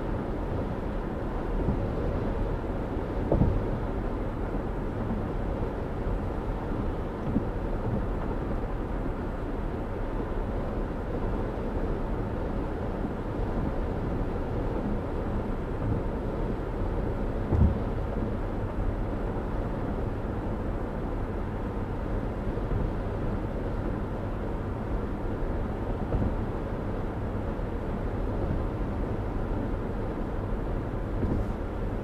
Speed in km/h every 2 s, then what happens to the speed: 116, 116, 116, 116, 116, 114, 114, 113, 113, 114, 114, 114, 114, 114, 114, 116.
0-32 steady at about 114.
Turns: none.